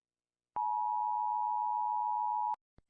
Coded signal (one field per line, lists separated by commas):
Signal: Emergency Alert System (SAME) tones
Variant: 853 and 960 Hz attention tone